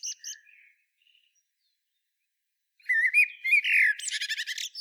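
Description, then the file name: Common blackbird: a few short opening notes, then after a pause a loud phrase of whistled notes ending in a rapid high twitter. "Turdus merula"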